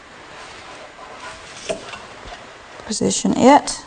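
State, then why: Not seated. A second power supply connector is picked up and lined up over its motherboard header, ready to be pushed in, with quiet handling and rustling throughout while someone talks near the end. Nothing has seated or clicked yet.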